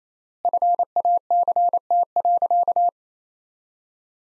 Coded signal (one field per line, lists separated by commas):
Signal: Morse code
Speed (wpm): 28 wpm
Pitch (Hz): 700 Hz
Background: none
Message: FACT.